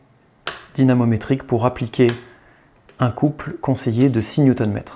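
A torque wrench tightens the clamp bolt of a SRAM eTap AXS front derailleur on a bike frame to the recommended torque, giving a single sharp click at 0.5 s as the wrench breaks over at its set torque. Someone then talks through the rest of the clip.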